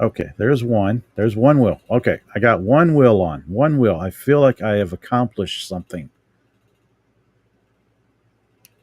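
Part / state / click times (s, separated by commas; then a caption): plastic wheel onto toy car axle / seated / 8.7 s. Someone talks for about six seconds, then after a quiet pause a second plastic wheel is pressed onto a toy car axle. A short, sharp click sounds at 8.7 s as the wheel snaps on and seats.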